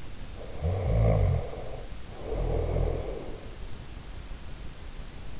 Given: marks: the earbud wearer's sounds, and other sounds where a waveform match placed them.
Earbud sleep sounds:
sounds in sleep by an in-ear microphone; snoring breath
0.32-3.47 s: snoring breath

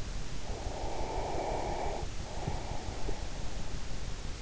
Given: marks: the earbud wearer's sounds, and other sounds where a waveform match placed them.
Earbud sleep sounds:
sounds in sleep by an in-ear microphone; breath
0.50-3.49 s: breath

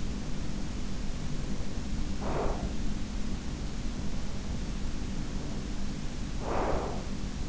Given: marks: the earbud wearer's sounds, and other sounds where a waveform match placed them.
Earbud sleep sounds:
sounds in sleep by an in-ear microphone; breath
0.83-2.87 s: breath
5.33-7.49 s: breath

